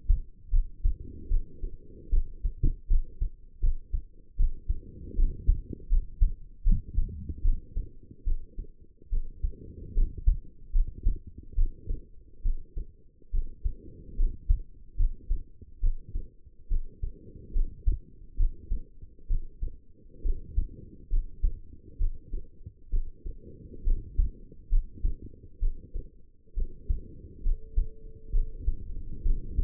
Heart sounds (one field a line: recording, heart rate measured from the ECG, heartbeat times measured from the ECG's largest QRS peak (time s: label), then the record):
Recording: heart sounds by stethoscope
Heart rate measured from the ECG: 71 bpm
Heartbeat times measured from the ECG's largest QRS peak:
0.50 s: heartbeat
1.29 s: heartbeat
2.10 s: heartbeat
2.88 s: heartbeat
3.60 s: heartbeat
4.36 s: heartbeat
5.16 s: heartbeat
5.89 s: heartbeat
6.64 s: heartbeat
7.42 s: heartbeat
8.24 s: heartbeat
9.10 s: heartbeat
9.94 s: heartbeat
10.72 s: heartbeat
11.55 s: heartbeat
12.42 s: heartbeat
13.31 s: heartbeat
14.16 s: heartbeat
14.97 s: heartbeat
15.80 s: heartbeat
16.68 s: heartbeat
17.53 s: heartbeat
18.37 s: heartbeat
19.27 s: heartbeat
20.22 s: heartbeat
21.10 s: heartbeat
21.98 s: heartbeat
22.90 s: heartbeat
23.84 s: heartbeat
24.69 s: heartbeat
25.60 s: heartbeat
26.54 s: heartbeat
27.43 s: heartbeat
28.32 s: heartbeat
29.23 s: heartbeat
From the record:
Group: healthy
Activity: rest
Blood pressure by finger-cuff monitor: 117/78 mmHg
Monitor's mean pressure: 89 mmHg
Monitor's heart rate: 72 bpm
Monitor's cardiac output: 5.7 L/min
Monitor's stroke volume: 78 mL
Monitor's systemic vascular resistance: 1170 dyn s/cm5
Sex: female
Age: 22 years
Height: 160 cm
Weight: 45 kg